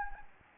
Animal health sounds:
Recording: mosquito wingbeat signal from an infrared sensor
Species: Anopheles gambiae

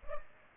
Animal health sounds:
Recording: mosquito wingbeat signal from an infrared sensor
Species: Culex pipiens

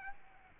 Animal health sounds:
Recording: mosquito wingbeat signal from an infrared sensor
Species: Aedes albopictus

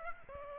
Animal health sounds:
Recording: mosquito wingbeat signal from an infrared sensor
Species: Aedes aegypti

